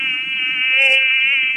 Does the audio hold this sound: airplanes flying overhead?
no